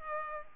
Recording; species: mosquito wingbeat signal from an infrared sensor; Culex pipiens